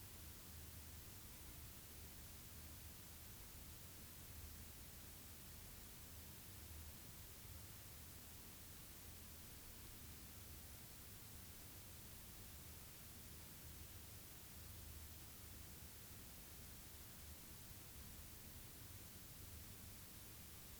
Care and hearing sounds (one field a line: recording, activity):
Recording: daily activity, guitar pickup as the sensor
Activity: stand